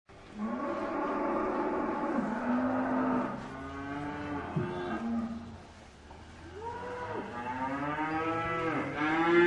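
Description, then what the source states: Cow mooing: several drawn-out lows with brief pauses between them, the last one loudest. Cow mooing in a barn.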